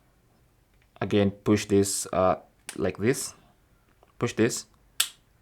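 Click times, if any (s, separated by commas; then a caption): 5.0 s. Someone talks while the plastic USB cable lock latch on the USB port of a PS5 DualSense Edge controller is pushed to unlock it. A sharp click sounds at 5.0 s as the lock releases and opens, so the cable can be pulled out.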